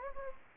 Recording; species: mosquito wingbeat signal from an infrared sensor; Anopheles gambiae